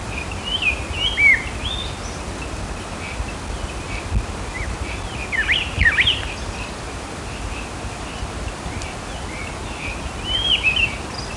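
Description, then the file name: Great thrush calling in brief bursts of sharp, slurred whistled notes, roughly three groups spaced several seconds apart, over steady background noise. "Turdus fuscater - Great Thrush"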